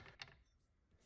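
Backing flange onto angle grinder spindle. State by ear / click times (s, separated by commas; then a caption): not seated / none. An unthreaded backing flange, lip pointed upward, is set onto the spindle of a DeWalt angle grinder and turned to line up its flat edges. A few light handling knocks come at about 0.1, 0.2 and 0.3 seconds, then near quiet. Nothing has seated or locked yet.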